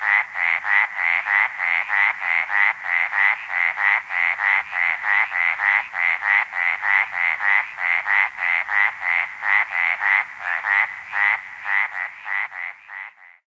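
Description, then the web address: Arizona treefrog calling in a long, steady series of short, pulsed notes, continuing without pause before stopping. North America. "Songs of Frogs Toads of North America 09-Arizona Treefrog"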